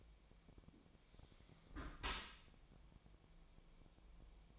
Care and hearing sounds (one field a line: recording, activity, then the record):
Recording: daily activity, microphone in the room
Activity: close dishwasher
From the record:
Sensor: 1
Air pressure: 1006.8 hPa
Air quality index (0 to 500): 206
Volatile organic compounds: 23 ppm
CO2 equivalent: 2782 ppm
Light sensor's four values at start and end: 12/32/13/14 and 12/32/13/14